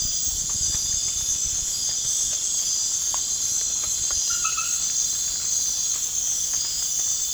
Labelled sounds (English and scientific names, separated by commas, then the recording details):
none
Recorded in pastures near Puerto Asís, Putumayo, Colombia, on 30 June 2025 at 22:00
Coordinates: 0.466, -76.322
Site GP07